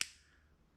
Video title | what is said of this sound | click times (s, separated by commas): Porsche 914 Ferrari Swap - #63: Steering? Axles? Wiring? Pick one, will ya? | and obviously when you're working on it you can probably hear that it clicks you can feel it lock in but there's also a visual | 0.0 s